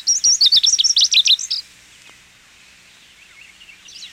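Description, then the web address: Lazuli bunting song: a fast, bright burst of high paired and slurred notes lasting about one and a half seconds, followed by faint twittering. "101 Bird Songs. Lazuli Bunting"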